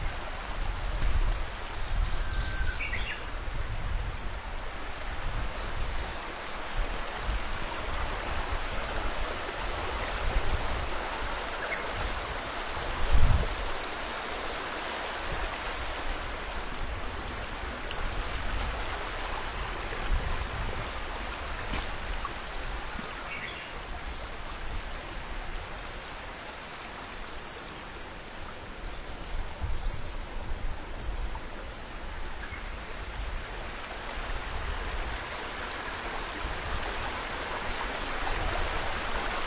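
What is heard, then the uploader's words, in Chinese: Water rushes steadily along a wooded path, with gusty low wind rumble, a few faint bird calls early on, and an occasional sharp tap. 伴着鸟和风，水的声音走在林间小道。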